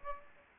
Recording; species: mosquito wingbeat signal from an infrared sensor; Aedes aegypti